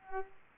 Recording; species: mosquito wingbeat signal from an infrared sensor; Culex pipiens